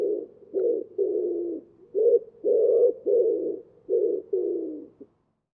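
Common Wood Pigeon giving a husky, throaty coo phrase of several low notes, the last one short and clipped, then silence.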